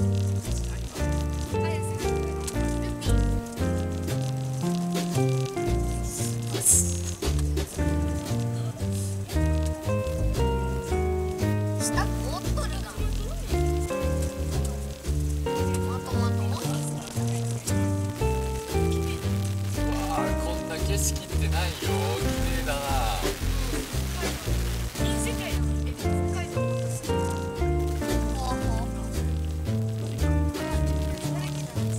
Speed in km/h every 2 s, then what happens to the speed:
20, 21, 22, 23, 25, 27, 27, 27, 27, 20, 30, 31, 32, 34, 32, 28.
0-32 speeds up to 28.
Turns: none.